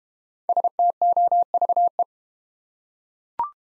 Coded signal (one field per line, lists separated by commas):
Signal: Morse code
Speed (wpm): 30 wpm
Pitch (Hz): 700 Hz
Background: none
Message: STOVE